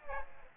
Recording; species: mosquito wingbeat signal from an infrared sensor; Aedes aegypti